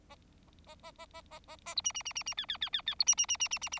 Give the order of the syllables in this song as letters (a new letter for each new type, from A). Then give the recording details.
A A A A A A A B C C C C C D D D D D B C C C C C C C. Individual Bird4